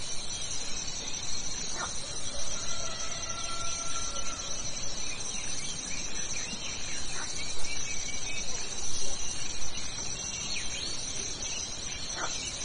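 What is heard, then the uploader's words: Insects buzz steadily in a bright, dense band that never lets up, with scattered higher chirps of birdsong. Between two and five seconds a thin, level whistle holds briefly, and short sharp clicks land around two, seven and twelve seconds over a constant low rush. From night to morning, the sound of nature and insects at night, the birdsong and cicadas in the morning.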